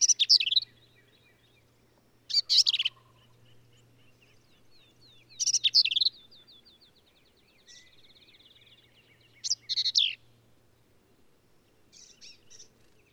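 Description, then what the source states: Black-capped vireo phrases of sharp slurred notes every few seconds, with fainter thin notes between phrases and a low background hum. Male singing lively, emphatic songs; phrases sung alone, truncated, embellished or run together; endangered species; hill country of Texas, near Hunt.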